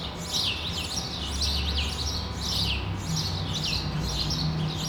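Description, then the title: Sparrows chirping in irregular overlapping bursts over a noticeable low rumble and hum. Sparrows on Rue de l'épargne, Brussels, Belgium, recorded for World Sparrow Day with Lom mikroUši AB microphones into a Deity PR-2 recorder. "Rue de l'épargne, Bruxelles, Bruxelles-Capitale, Belgique - World Sparrow Day"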